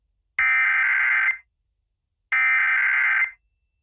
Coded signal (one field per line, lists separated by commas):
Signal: Emergency Alert System (SAME) tones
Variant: header bursts